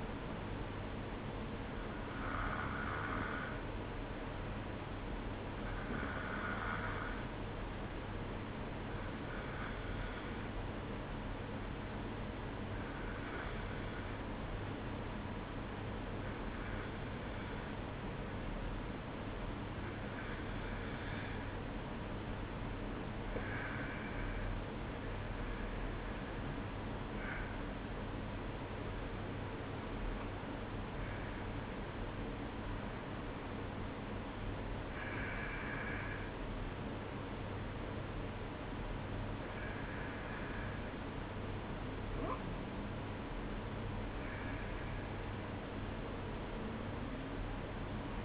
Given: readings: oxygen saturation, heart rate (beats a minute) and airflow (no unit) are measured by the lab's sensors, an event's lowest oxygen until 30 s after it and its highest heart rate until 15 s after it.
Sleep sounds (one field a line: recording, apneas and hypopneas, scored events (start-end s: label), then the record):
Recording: breathing in sleep by a voice recorder at the bedside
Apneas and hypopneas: 1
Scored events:
11.00-24.60 s: hypopnea (N1, oxygen 92% highest, then 91% lowest, heart rate 56 at the start, 58 highest)
From the record:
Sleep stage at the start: N1 (lightest sleep)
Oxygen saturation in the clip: 91 to 93%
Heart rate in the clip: 54 to 58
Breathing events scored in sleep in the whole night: 305 in 9.6 hours asleep